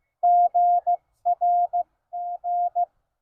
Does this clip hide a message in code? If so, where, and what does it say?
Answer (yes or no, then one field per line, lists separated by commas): yes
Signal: Morse code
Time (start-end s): 0.2-2.8 s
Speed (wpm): 15 wpm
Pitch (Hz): 700 Hz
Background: none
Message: GR N